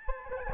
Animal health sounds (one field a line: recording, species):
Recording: mosquito wingbeat signal from an infrared sensor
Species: Aedes albopictus